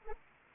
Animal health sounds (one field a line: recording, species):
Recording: mosquito wingbeat signal from an infrared sensor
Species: Anopheles arabiensis